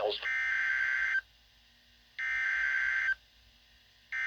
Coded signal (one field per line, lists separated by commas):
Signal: Emergency Alert System (SAME) tones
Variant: header bursts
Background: speech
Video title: EAS 197 Severe Thunderstorm Warning